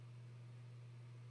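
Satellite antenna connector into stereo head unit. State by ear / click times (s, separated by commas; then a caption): not seated / none. The Sirius XM satellite radio antenna wire's little plug is handled at the back of a 2010 Honda CR-V stereo head unit while the stereo and backup camera are being installed. A steady low hum near 100–150 Hz sits under a constant broadband hiss, with no distinct sudden sounds. Nothing has seated or clicked yet.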